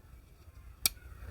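After the quick-release button is pressed, the metal blade carrier holding a replaceable blade is pushed back into the handle of a folding utility knife. Over a quiet background, it snaps home with a single sharp, bright click at 0.9 s, and the blade is seated and secure.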